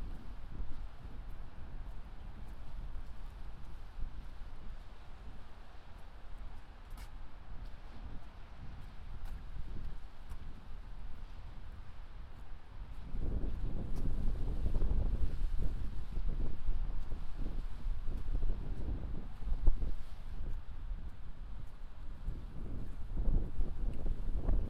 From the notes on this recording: A binaural field recording, from my studio in Sunset Park to my apartment in Harlem.